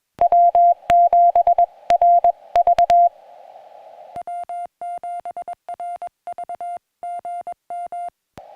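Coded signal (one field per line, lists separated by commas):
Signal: Morse code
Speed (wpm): 21 wpm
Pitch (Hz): 700 Hz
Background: music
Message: W7RV W7RV GM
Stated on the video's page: SOTA summit activation in CW.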